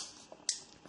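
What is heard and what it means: The second plastic retaining rail is pressed onto the other side of a 3.5-inch hard drive in the tool-less drive tray of a Synology DS214+ NAS. A faint tick comes at 0.3 s, then a loud, sharp snap at 0.5 s as the rail seats.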